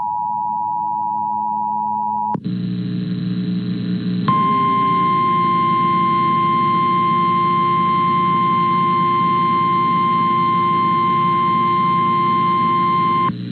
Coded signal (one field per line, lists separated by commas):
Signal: Emergency Alert System (SAME) tones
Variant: 853 and 960 Hz attention tone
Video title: NWS CHARLESTON WV TAKEOVER... (EAS ALERTS 3491-3527 FROM 08/01/22)